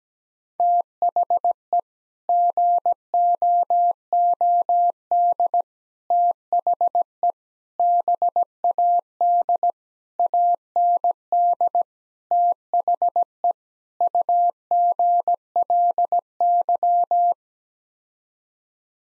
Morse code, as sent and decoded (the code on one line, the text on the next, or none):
- .... . / --. --- --- -.. / - .... . / -... .- -.. / .- -. -.. / - .... . / ..- --. .-.. -.--
THE GOOD THE BAD AND THE UGLY